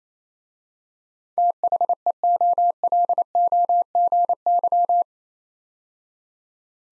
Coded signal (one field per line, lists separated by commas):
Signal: Morse code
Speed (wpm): 27 wpm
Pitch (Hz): 700 Hz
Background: none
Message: THEOLOGY